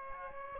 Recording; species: mosquito wingbeat signal from an infrared sensor; Aedes aegypti